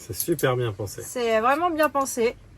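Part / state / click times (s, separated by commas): picnic cutlery pieces clipping into each other / not seated / none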